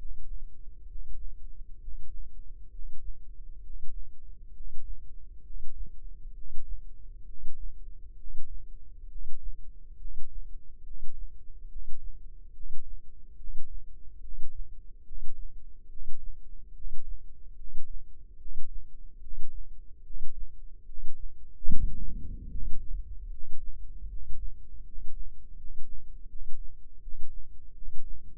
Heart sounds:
heart sounds by microphone in the left ear; 71 bpm
0.85 s: heartbeat
1.78 s: heartbeat
2.68 s: heartbeat
3.60 s: heartbeat
4.51 s: heartbeat
5.40 s: heartbeat
6.31 s: heartbeat
7.23 s: heartbeat
8.14 s: heartbeat
9.06 s: heartbeat
9.95 s: heartbeat
10.81 s: heartbeat
11.66 s: heartbeat
12.51 s: heartbeat
13.35 s: heartbeat
14.19 s: heartbeat
15.02 s: heartbeat
15.87 s: heartbeat
16.72 s: heartbeat
17.54 s: heartbeat
18.36 s: heartbeat
19.18 s: heartbeat
20.01 s: heartbeat
20.84 s: heartbeat
21.66 s: heartbeat
22.48 s: heartbeat
23.29 s: heartbeat
24.07 s: heartbeat
24.82 s: heartbeat
25.54 s: heartbeat
26.26 s: heartbeat
26.99 s: heartbeat
27.73 s: heartbeat
From the record:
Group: healthy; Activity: breath hold 0-22 s, rest 22-28 s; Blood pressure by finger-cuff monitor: 105/56 mmHg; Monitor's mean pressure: 72 mmHg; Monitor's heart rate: 70 bpm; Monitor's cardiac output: 7.2 L/min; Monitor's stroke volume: 102 mL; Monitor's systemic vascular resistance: 710 dyn s/cm5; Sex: male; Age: 35 years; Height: 180 cm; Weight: 86.9 kg

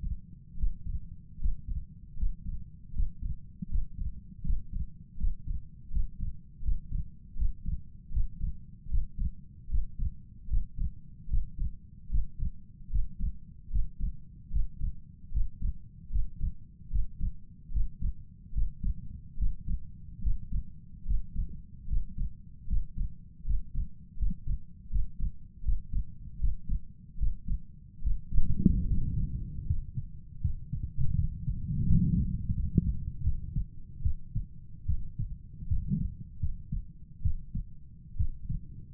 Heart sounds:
heart sounds by stethoscope; 77 bpm
0.57 s: heartbeat
1.39 s: heartbeat
2.16 s: heartbeat
2.93 s: heartbeat
3.69 s: heartbeat
4.43 s: heartbeat
5.18 s: heartbeat
5.90 s: heartbeat
6.62 s: heartbeat
7.36 s: heartbeat
8.11 s: heartbeat
8.89 s: heartbeat
9.69 s: heartbeat
10.48 s: heartbeat
11.28 s: heartbeat
12.09 s: heartbeat
12.90 s: heartbeat
13.70 s: heartbeat
14.51 s: heartbeat
15.32 s: heartbeat
16.10 s: heartbeat
16.90 s: heartbeat
17.71 s: heartbeat
18.53 s: heartbeat
19.37 s: heartbeat
20.21 s: heartbeat
21.05 s: heartbeat
21.88 s: heartbeat
22.67 s: heartbeat
23.45 s: heartbeat
24.17 s: heartbeat
24.90 s: heartbeat
25.63 s: heartbeat
26.39 s: heartbeat
27.18 s: heartbeat
28.02 s: heartbeat
28.87 s: heartbeat
29.66 s: heartbeat
30.41 s: heartbeat
31.15 s: heartbeat
31.86 s: heartbeat
32.54 s: heartbeat
33.23 s: heartbeat
34.02 s: heartbeat
34.86 s: heartbeat
35.68 s: heartbeat
36.40 s: heartbeat
37.22 s: heartbeat
38.17 s: heartbeat
From the record:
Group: healthy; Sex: male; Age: 35 years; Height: 178 cm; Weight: 64 kg

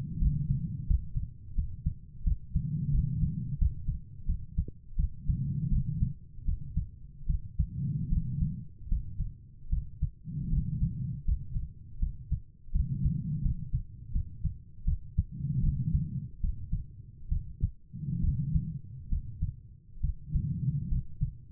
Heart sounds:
heart sounds by stethoscope; 78 bpm
0.19 s: heartbeat
0.87 s: heartbeat
1.55 s: heartbeat
2.24 s: heartbeat
2.91 s: heartbeat
3.58 s: heartbeat
4.26 s: heartbeat
4.96 s: heartbeat
5.69 s: heartbeat
6.45 s: heartbeat
7.26 s: heartbeat
8.09 s: heartbeat
8.88 s: heartbeat
9.69 s: heartbeat
10.49 s: heartbeat
11.25 s: heartbeat
11.99 s: heartbeat
12.72 s: heartbeat
13.42 s: heartbeat
14.12 s: heartbeat
14.84 s: heartbeat
15.60 s: heartbeat
16.40 s: heartbeat
17.28 s: heartbeat
18.20 s: heartbeat
19.09 s: heartbeat
20.00 s: heartbeat
20.88 s: heartbeat
From the record:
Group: healthy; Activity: rest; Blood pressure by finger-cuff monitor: 106/73 mmHg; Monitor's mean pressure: 84 mmHg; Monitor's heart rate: 83 bpm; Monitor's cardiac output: 5.9 L/min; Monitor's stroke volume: 72 mL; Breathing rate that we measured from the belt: 24 breaths a minute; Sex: female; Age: 32 years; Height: 172 cm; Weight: 71.7 kg

